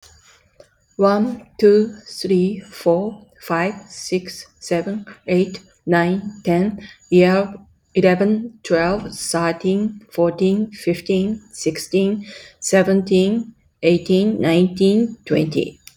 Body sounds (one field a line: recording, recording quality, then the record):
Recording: counting at a normal pace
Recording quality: excellent, no background noise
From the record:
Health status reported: healthy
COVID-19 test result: negative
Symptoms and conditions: none ticked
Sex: female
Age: 55 years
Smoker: not ticked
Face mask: not worn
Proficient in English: yes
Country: India